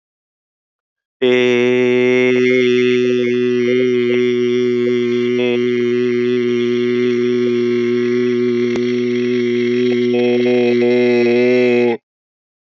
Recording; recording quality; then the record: sustained vowel as in made; excellent, no background noise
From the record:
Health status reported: exposed to COVID-19, no respiratory illness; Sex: male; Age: 50 years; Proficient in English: yes